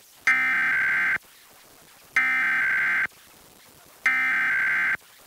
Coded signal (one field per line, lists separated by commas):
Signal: Emergency Alert System (SAME) tones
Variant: header bursts